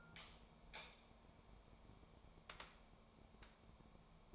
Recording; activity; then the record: daily activity, microphone in the room; light on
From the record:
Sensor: 1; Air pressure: 1000.0 hPa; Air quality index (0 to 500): 128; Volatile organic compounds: 2 ppm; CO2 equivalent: 1215 ppm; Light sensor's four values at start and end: 35/88/37/45 and 38/100/41/49